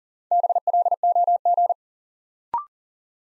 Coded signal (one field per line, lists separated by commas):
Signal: Morse code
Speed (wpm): 40 wpm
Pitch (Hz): 700 Hz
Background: none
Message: BLOG